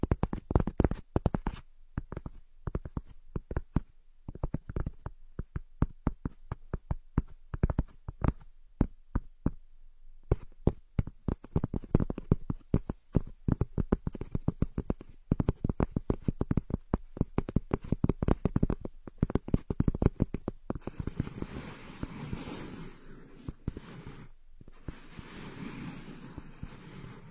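Ear scratching: dense, irregular crackles and scrapes tapping fast throughout, briefly pausing near ten seconds, turning into a rougher, steadier rustle after twenty-one.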